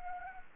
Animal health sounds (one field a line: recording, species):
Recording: mosquito wingbeat signal from an infrared sensor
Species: Anopheles arabiensis